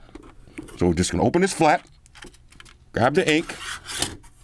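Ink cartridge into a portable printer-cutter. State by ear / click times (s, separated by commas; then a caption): not seated / none. Someone talks while opening the flap on a Liene PixCut S1 portable printer-cutter and picking up its ink cartridge, with light handling taps and rustles between the words. The ink cartridge has not yet gone into its slot, and nothing has seated or clicked yet.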